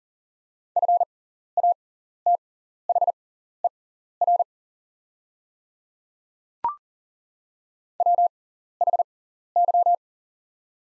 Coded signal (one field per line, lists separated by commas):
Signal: Morse code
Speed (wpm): 40 wpm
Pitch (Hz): 700 Hz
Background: none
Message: FATHER WHY